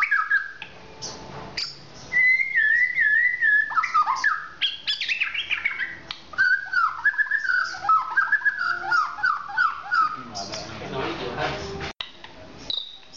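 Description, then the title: Oriental magpie-robin song: a long run of loud, clear whistled phrases, some wavering, some falling, with quick chirps and warbled notes. "kacer"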